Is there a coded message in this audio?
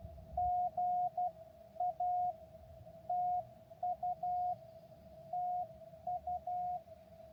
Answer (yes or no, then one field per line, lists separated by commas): yes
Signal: Morse code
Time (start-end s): 0.4-6.8 s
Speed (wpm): 12 wpm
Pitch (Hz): 720 Hz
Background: none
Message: GA TU TU